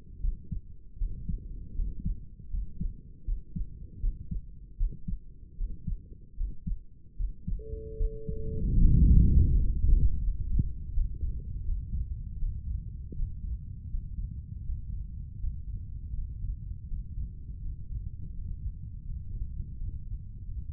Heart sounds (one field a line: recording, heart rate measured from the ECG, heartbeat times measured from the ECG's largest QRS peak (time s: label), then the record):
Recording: heart sounds by stethoscope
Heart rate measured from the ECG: 80 bpm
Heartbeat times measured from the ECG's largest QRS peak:
0.20 s: heartbeat
0.98 s: heartbeat
1.75 s: heartbeat
2.50 s: heartbeat
3.24 s: heartbeat
4.00 s: heartbeat
4.77 s: heartbeat
5.57 s: heartbeat
6.36 s: heartbeat
7.16 s: heartbeat
7.96 s: heartbeat
8.78 s: heartbeat
9.50 s: heartbeat
10.21 s: heartbeat
10.92 s: heartbeat
11.63 s: heartbeat
12.37 s: heartbeat
13.14 s: heartbeat
13.89 s: heartbeat
14.63 s: heartbeat
15.38 s: heartbeat
16.13 s: heartbeat
16.87 s: heartbeat
17.60 s: heartbeat
18.32 s: heartbeat
19.04 s: heartbeat
19.75 s: heartbeat
20.44 s: heartbeat
From the record:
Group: healthy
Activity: rest 0-9 s, Valsalva maneuver 9-21 s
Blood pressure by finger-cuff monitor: 106/72 mmHg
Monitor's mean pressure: 80 mmHg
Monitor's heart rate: 80 bpm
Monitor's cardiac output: 6.1 L/min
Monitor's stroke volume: 78 mL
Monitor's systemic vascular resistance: 870 dyn s/cm5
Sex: male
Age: 35 years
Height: 180 cm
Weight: 86.9 kg